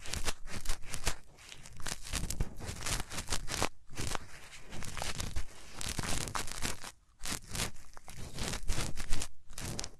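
Hands rub over the ears in a continuous, dense, scratchy rustle with a crinkling, papery texture. The friction comes in quick uneven strokes that swell and fade, with brief near-silent pauses around four and seven seconds.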